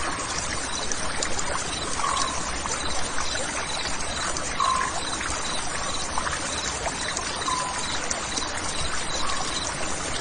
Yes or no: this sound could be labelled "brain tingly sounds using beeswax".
no